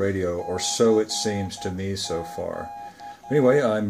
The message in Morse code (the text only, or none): CQ